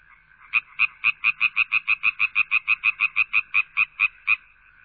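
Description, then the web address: Frog croaking in a fast, even series of many short, rasping pulses, steady in pitch, with no other sounds. "Sound Effects Special FX 2. Frogs"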